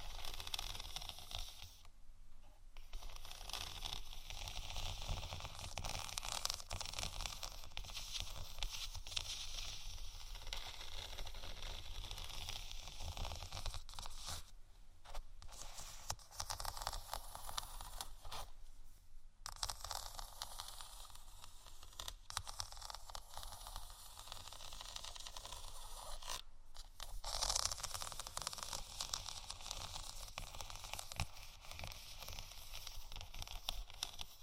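Soft, steady scratching on faux leather, a dense dry rasp with brief pauses near 2, 15, 19 and 27 seconds.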